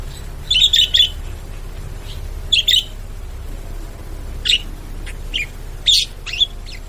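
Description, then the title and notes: Bird giving a few high, clipped chirps amid a steady background hiss and low hum. Bird ringtone with melodious sounds. "Burung Dengan Suara Merdu"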